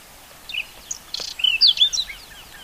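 Whinchat song phrase: a brief, rapid jumble of high, scratchy and whistled notes, one harsher burst in the middle, over a soft background hiss.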